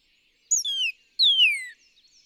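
Northern cardinal song: two clear whistled phrases, each sliding steeply downward, the second longer.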